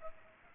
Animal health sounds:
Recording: mosquito wingbeat signal from an infrared sensor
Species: Culex pipiens

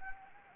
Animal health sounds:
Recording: mosquito wingbeat signal from an infrared sensor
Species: Anopheles gambiae

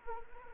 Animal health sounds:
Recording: mosquito wingbeat signal from an infrared sensor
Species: Anopheles arabiensis

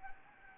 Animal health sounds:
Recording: mosquito wingbeat signal from an infrared sensor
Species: Anopheles gambiae

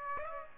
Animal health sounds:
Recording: mosquito wingbeat signal from an infrared sensor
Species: Aedes aegypti

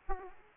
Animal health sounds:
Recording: mosquito wingbeat signal from an infrared sensor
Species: Aedes aegypti

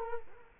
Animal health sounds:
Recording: mosquito wingbeat signal from an infrared sensor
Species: Culex quinquefasciatus

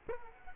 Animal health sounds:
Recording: mosquito wingbeat signal from an infrared sensor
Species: Culex quinquefasciatus

